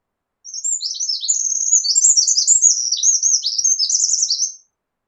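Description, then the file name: Eurasian wren song, a vigorous high-pitched torrent of quick chips, buzzy trills and twittering phrases running for about four seconds. "Troglodytes troglodytes"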